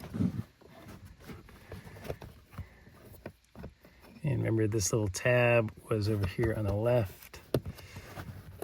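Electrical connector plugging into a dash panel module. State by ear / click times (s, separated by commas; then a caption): seated / 7.5 s. A plastic electrical connector is plugged back into the panel behind the glove box of a Porsche Cayenne Turbo 958 during a cabin filter replacement. Someone talks while handling it, and the connector seats with a sharp click at 7.5 s.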